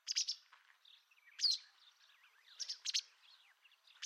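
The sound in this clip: White wagtail calls, sharp high chirps given in quick clusters, mixed with softer warbling twitters.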